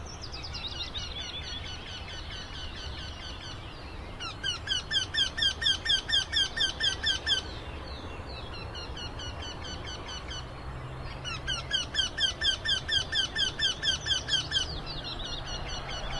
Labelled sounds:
Eurasian Wryneck
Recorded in the wild
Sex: male
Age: adult
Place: NSG Schönower Heide, Naturpark Barnim, Brandenburg, DE
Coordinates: 52.6822, 13.5053
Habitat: meadow
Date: 2011-05-14
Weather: cloudy, 15°C, almost no wind
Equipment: Sound Devices 702, Sennheiser MKH 70, Rycote Windschutz
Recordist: Frommolt, Karl-Heinz

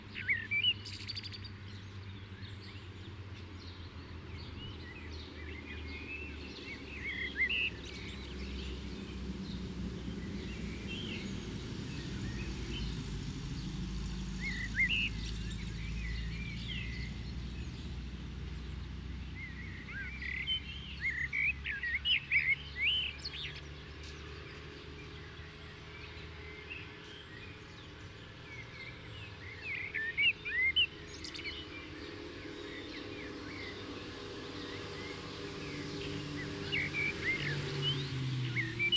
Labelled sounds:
Common Blackbird song
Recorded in the wild
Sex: male
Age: adult
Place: Kaiserslautern, Rheinland-Pfalz, DE
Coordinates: 49.4283, 7.77889
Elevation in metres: 279
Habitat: garden
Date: 1975-05-08 11:30
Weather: sonnig, warm
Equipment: Nagra IV
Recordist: Tretzel, Erwin

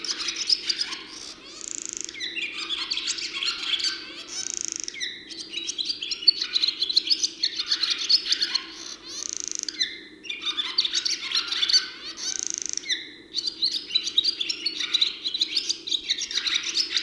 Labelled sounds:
Barn Swallow song
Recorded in the wild
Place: Schönfeld, Brandenburg, DE
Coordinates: 53.396, 14.001
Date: 1988-05-15
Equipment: Nagra III BH, Sennheiser MD 21, parabola
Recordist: Schubert, Michael
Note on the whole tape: Gesang Rauchschwalbe in der Phase des Nistplatzzeigens

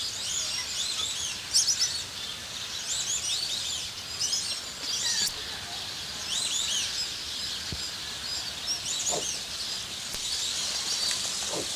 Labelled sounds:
Kori Bustard call
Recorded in captivity
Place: Zoo Berlin, Berlin, DE
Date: 2003-09-24 16:15
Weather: heiter, 16°C
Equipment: Fair Mate ST-1328 (Asahi Electronics, Japan), Sennheiser ME 80, Kopie Uher 4000 Report Monitor
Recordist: Tembrock, Günter

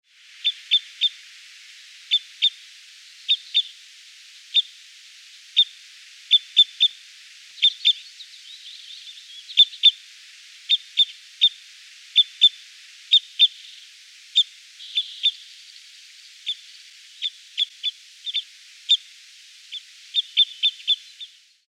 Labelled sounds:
Parrot Crossbill
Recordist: Frommolt, Karl-Heinz
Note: Rufe bei Nahrungssuche

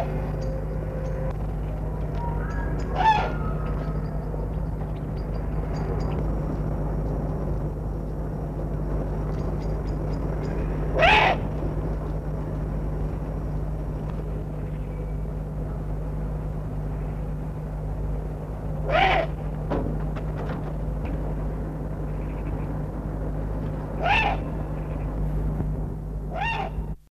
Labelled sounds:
Eurasian Eagle-owl call
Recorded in captivity
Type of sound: call
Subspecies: omissus
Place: Tierpark Berlin, Berlin, DE
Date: 1965-10-09
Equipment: Halbspur, 9,5 cm/s
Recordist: Lütgens, Hans
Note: Rufe

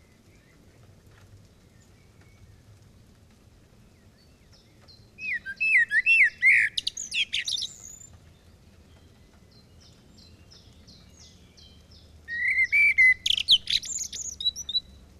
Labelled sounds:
Common Blackbird song
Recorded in the wild
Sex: male
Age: adult
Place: Kaiserslautern, Rheinland-Pfalz, DE
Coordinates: 49.4286, 7.77861
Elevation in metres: 279
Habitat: garden
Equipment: Uher 4000 Report, Sennheiser MKH 815 T
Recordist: Tretzel, Erwin

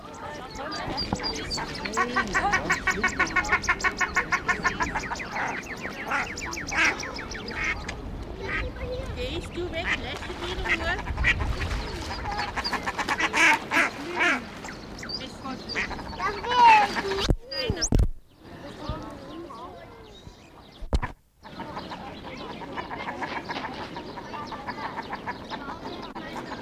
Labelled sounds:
Common Shelduck call
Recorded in captivity
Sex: pair
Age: adult
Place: Zoo Leipzig, Sachsen, DE
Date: 1988-04-28 12:30
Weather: overcast, 12°C
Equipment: Nagra SN, Kopie Tesla B 116
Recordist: Tembrock, Günter

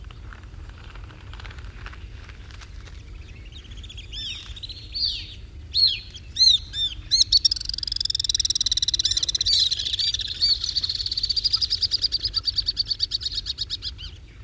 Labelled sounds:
Alpine Swift call
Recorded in the wild
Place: Varna, BG
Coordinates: 43.427, 28.162
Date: 1974-06-04
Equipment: Nagra III BH, Sennheiser MD 21, parabola
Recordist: Schubert, Michael

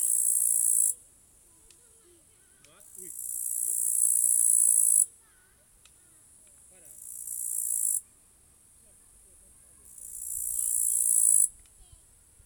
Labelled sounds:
Upland Green Bush-cricket stridulation
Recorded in the wild
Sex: male
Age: adult
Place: Turaida Museum Reserve, LV
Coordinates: 57.1836, 24.8492
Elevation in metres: 110
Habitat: park
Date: 2023-08-20 15:22
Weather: 25°C, weak wind, sunny
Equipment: Smartphone Huwai P20 Lite, Batcorder app
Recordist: Frommolt, Karl-Heinz

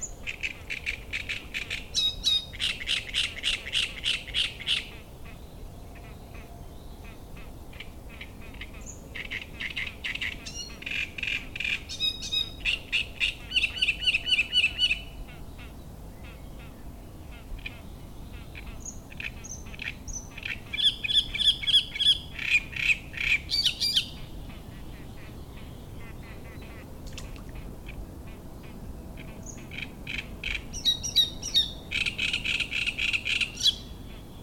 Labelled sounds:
Great Reed Warbler
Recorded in the wild
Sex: male
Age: adult
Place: Müggelsee, Berlin, DE
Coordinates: 52.43, 13.64
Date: 1989-05-13
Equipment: Uher 4400 Report Monitor, Sennheiser ME 80, K 30 AV
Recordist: Fischer, Stefan

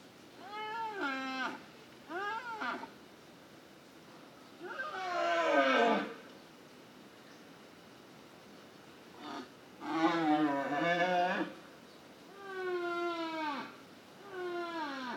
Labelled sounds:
Wapiti
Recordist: Tembrock, Günter

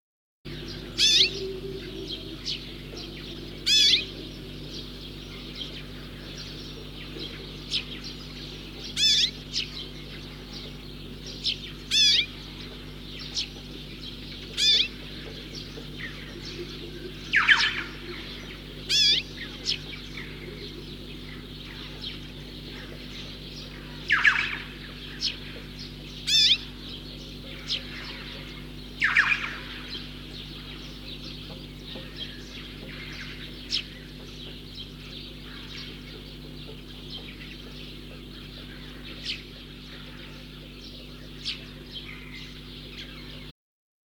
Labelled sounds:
Common Rosefinch call
Red-billed Chough call
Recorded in the wild
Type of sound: call
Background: Pyrrhocorax pyrrhocorax
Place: Chudjirt, MN
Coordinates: 47.013, 102.255
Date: 1979-06-06 05:15
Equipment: Nagra III BH, Sennheiser MD 21, parabola
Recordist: Schubert, Michael
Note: Rufe Karmingimpel Weibchen ; Alpenkrähe

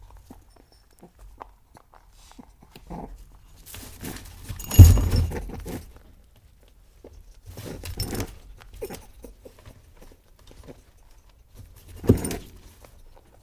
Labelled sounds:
European Rabbit
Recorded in captivity
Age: adult
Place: Zepernick, Barnim, Brandenburg, DE
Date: 2004-11-13 12:10
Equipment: Tascam DA-P1, Sennheiser MKH 40
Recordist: Frommolt, Karl-Heinz

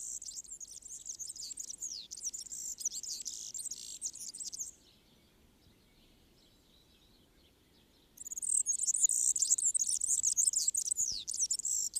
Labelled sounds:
Marsh Warbler song
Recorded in the wild
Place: Kaiserslautern, Rheinland-Pfalz, DE
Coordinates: 49.4806, 7.71167
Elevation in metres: 231
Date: 1973-06-12
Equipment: Nagra IV, Sennheiser MKH 405, Parabolreflektor
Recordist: Tretzel, Erwin

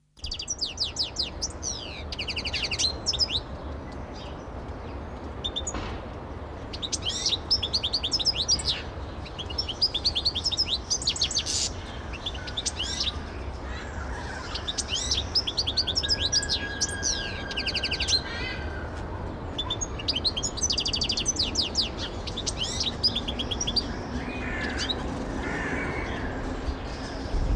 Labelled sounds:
European Goldfinch
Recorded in the wild
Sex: male
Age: adult
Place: Zoo Berlin, Berlin, DE
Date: 1994-02-11 11:28
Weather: Bedeckt, 4°C
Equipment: Marantz CP 130, Sennheiser ME 80, Kopie Uher Variocord 263
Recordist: Tembrock, Günter
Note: Gesang

